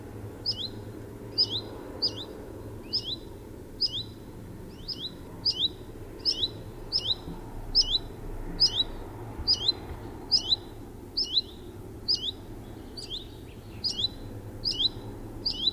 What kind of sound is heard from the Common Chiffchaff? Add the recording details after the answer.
alarm call. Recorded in the wild. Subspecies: collybita. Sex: pair. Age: adult. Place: Spitzberg, Tübingen, Baden-Württemberg, DE. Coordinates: 48.5167, 9.01667. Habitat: edge of the woods. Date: 1967-07-07 12:10. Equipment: Nagra III PH, kleiner englischer Parabolspiegel, LGS26. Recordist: Schneider, Hans-Joachim